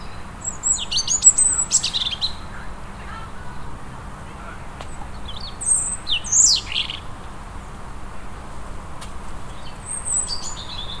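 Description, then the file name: European robin song: brief high, piercing whistles and twitters in a few short bursts separated by quiet stretches, with constant low hiss. "Erithacus rubecula"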